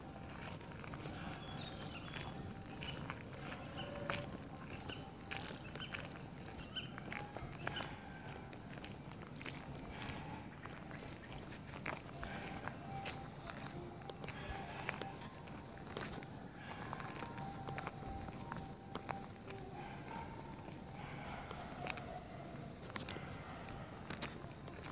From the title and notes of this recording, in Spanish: Amanecer en el NIRD Hyderabad. Hyderabad - India.